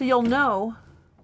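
Someone talks briefly beside the sliding, cedar-lined closet in the bedroom of a Dynamic DX3 bunk bed model RV, where the door's retaining clip on the closet frame is meant to snap into place when the door is pushed closed. The voice fades to near-quiet with only a faint tick near the end. Nothing has seated or clicked yet.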